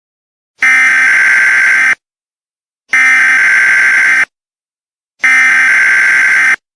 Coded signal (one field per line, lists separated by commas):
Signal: Emergency Alert System (SAME) tones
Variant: header bursts